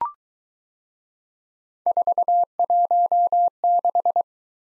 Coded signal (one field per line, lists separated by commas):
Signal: Morse code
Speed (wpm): 22 wpm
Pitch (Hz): 700 Hz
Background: none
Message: 416